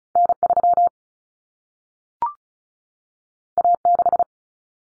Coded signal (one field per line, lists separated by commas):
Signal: Morse code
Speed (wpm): 36 wpm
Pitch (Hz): 700 Hz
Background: none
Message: N3 A6